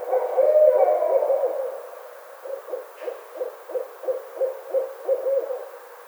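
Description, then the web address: Barred owl giving a long, wavering, drawn-out hoot, then a rapid run of short, clipped hoots at about three or four per second. Recorded 25 May 2009. "Barred Owl 2009 05 25 Barred Owl"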